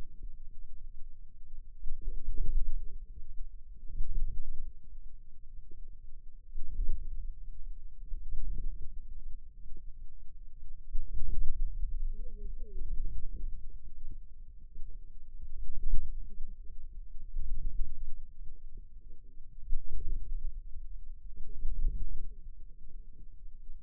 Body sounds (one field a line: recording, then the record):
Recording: forearm muscle sounds (acoustic myography)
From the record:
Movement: inward rotation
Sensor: system 2, bracelet of six BSWA MPA416 microphones around the upper forearm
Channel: 1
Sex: female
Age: 21 years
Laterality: right